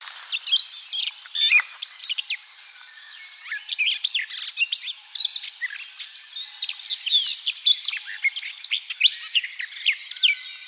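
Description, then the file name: Eurasian blackcap with a rich, fast warble of varied high notes and chirps, continuing with brief pauses. "Sylvia atricapilla"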